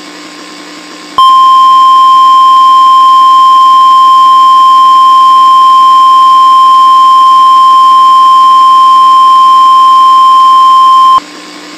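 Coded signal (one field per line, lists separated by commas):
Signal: Emergency Alert System (SAME) tones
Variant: 1050 Hz attention tone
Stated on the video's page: Simulated emergency alert scenario, not a real broadcast.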